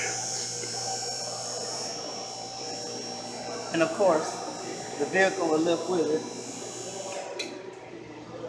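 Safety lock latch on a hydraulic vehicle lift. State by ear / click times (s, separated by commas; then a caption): seated / 7.4 s. A hydraulic vehicle lift, raised with its button, runs with a steady motor hum while someone talks. At 7.4 s the steel safety lock latch engages with a single sharp metallic clank, showing the lift is locked so it can only drop so far if the hydraulics ever fail.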